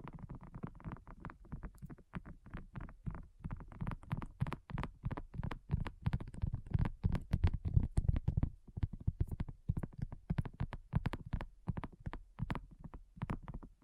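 Rapid fingertip tapping runs for the whole stretch, a dense, uneven patter of short knocks with a soft, thumpy low body and crisp clicky tops. The taps grow fuller and louder around the middle, then thin out slightly toward the end.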